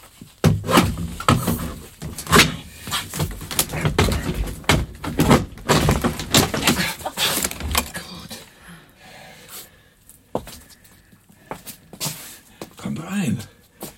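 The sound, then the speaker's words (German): A garden shed door being levered up with a spade, done quietly: a run of irregular wooden clunks, scrapes and thuds, busiest in the first half, then sparser knocks and creaks, with muffled voices underneath. “Klemmen Sie den mal unter die Tür und heben Sie sie hoch, aber leise.”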